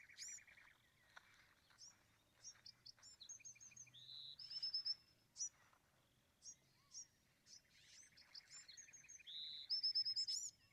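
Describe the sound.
Bewick's wren song: a varied mix of low buzzy trills, high clipped whistles and steady buzzes, phrases coming in bursts with short pauses between.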